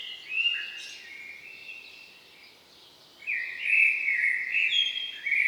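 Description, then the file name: Common blackbird giving a warbled phrase, a quiet gap, then a louder fluty phrase, over background hiss. "Turdus merula"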